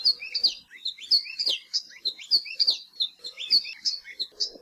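Maui alauahio warbling song: rapid high twittering notes with sharp sweeps and chips, repeating in short busy phrases throughout.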